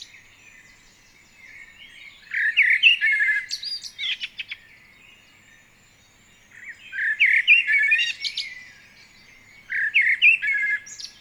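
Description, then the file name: Common blackbird song in three bursts of mellow warbling notes topped with high scratchy twitters, quiet gaps between them. "Turdus merula"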